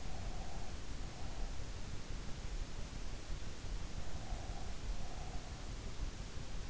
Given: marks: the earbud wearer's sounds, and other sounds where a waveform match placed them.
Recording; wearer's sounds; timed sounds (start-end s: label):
sounds in sleep by an in-ear microphone; breath
0.00-1.69 s: breath
4.07-5.73 s: breath